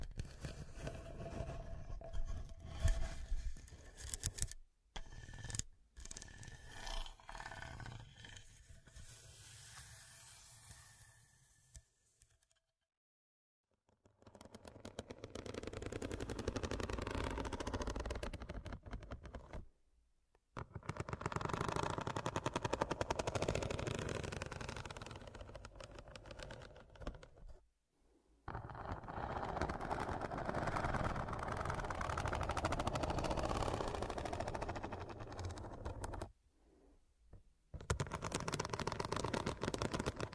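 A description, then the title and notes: Scratching comes in long dense bursts of rough, gritty noise, each lasting several seconds and broken by short silences near 13, 20, 28 and 37 seconds. The opening stretch is choppier, with quick stuttering cuts and rapid crackly strokes like gunfire. Pure Scratching.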